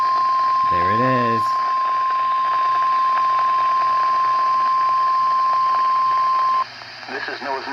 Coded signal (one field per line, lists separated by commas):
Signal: Emergency Alert System (SAME) tones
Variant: 1050 Hz attention tone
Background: speech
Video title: Required Weekly Test on WXL58 and WXL50 from March 25, 2026 (EAS #199 - #200!!!)